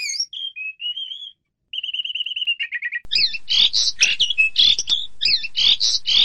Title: Jalak Suren